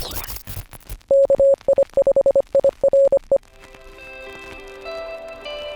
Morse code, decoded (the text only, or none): KI5IRE